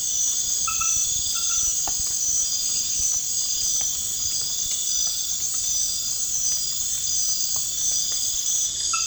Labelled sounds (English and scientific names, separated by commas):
none